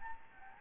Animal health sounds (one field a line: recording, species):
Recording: mosquito wingbeat signal from an infrared sensor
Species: Anopheles gambiae